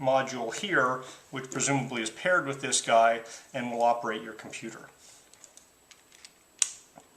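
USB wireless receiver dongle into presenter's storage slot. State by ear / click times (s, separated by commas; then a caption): seated / 6.6 s. Someone talks while a small USB-A wireless receiver is handled at the back of a plastic Amazon Basics wireless presenter with a red laser pointer. After a few faint ticks, the receiver is pushed into its magnetic storage slot and snaps in with one sharp, loud click at 6.6 s. It is seated and held in place magnetically.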